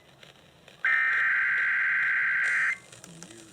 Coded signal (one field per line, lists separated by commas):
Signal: Emergency Alert System (SAME) tones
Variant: header bursts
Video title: Severe Thunderstorm Warning On WLTF-FM 9/25/22 (EAS #1454)